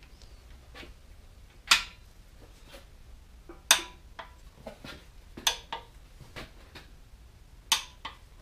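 A click-type torque wrench tightens the crankshaft main bearing cap bolts on a Farmall Super M tractor engine in a first pass at 50 ft-lb, toward a final 100 ft-lb. Sharp metallic clicks at 1.7, 3.7, 5.5 and 7.7 seconds show the wrench reaching its setting, with fainter ticks and clatter in between.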